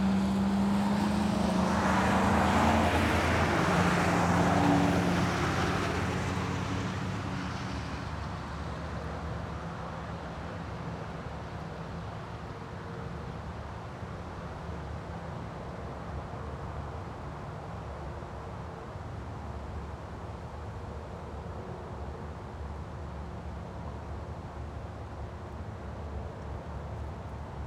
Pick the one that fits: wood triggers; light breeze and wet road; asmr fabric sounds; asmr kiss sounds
light breeze and wet road